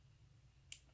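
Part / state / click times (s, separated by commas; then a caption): RAM module into motherboard DIMM slot / seated / 0.7 s. A RAM module is pushed into its motherboard DIMM slot until the plastic retention clip latches, giving a quiet but audible sharp click at 0.7 s over a low steady hum. The module is seated.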